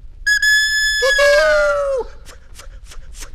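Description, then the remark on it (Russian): An oncoming steam locomotive blows one loud, sustained whistle blast of nearly two seconds. A second, lower tone joins partway through, and soft hissing puffs follow after the whistle cuts off. “И вдруг ему навстречу выехал паровоз.”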